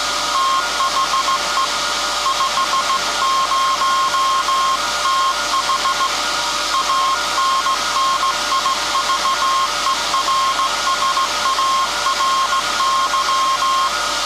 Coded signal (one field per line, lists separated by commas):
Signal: Morse code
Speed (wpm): 16 wpm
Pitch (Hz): 1070 Hz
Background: none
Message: THE 50TH ANNIVERSARY